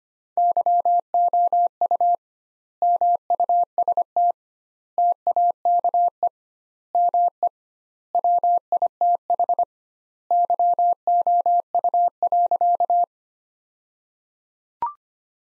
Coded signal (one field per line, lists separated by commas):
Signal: Morse code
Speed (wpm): 25 wpm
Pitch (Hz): 700 Hz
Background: none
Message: YOU MUST TAKE ME WITH YOU.